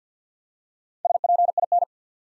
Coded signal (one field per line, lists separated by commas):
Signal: Morse code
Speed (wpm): 50 wpm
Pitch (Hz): 700 Hz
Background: none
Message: SPIN